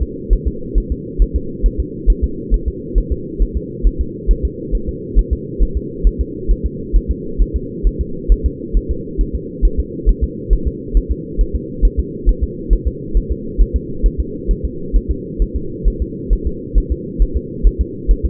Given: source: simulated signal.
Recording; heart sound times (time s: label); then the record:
fetal heart sounds
0.02 s: S2
0.33 s: S1
0.47 s: S2
0.78 s: S1
0.92 s: S2
1.22 s: S1
1.36 s: S2
1.66 s: S1
1.80 s: S2
2.10 s: S1
2.24 s: S2
2.54 s: S1
2.68 s: S2
2.98 s: S1
3.12 s: S2
3.42 s: S1
3.57 s: S2
3.87 s: S1
4.01 s: S2
4.31 s: S1
4.45 s: S2
4.75 s: S1
4.89 s: S2
5.19 s: S1
5.33 s: S2
5.63 s: S1
5.77 s: S2
6.07 s: S1
6.21 s: S2
6.51 s: S1
6.66 s: S2
6.96 s: S1
7.11 s: S2
7.42 s: S1
7.56 s: S2
7.87 s: S1
8.01 s: S2
8.32 s: S1
8.46 s: S2
8.77 s: S1
8.91 s: S2
9.21 s: S1
9.35 s: S2
9.65 s: S1
9.80 s: S2
10.09 s: S1
10.23 s: S2
10.53 s: S1
10.67 s: S2
10.97 s: S1
11.11 s: S2
11.41 s: S1
11.55 s: S2
11.85 s: S1
11.99 s: S2
12.29 s: S1
12.44 s: S2
12.73 s: S1
12.88 s: S2
13.17 s: S1
13.32 s: S2
13.61 s: S1
13.76 s: S2
14.06 s: S1
14.20 s: S2
14.51 s: S1
14.65 s: S2
14.96 s: S1
15.11 s: S2
15.42 s: S1
15.56 s: S2
15.88 s: S1
16.02 s: S2
16.33 s: S1
16.47 s: S2
16.78 s: S1
16.92 s: S2
17.22 s: S1
17.36 s: S2
17.67 s: S1
17.81 s: S2
18.11 s: S1
18.25 s: S2
From the record:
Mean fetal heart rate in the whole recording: 135 bpm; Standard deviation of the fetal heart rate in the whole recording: 3 bpm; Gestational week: 36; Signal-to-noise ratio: -4.3 dB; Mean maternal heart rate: 72 bpm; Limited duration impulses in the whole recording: absent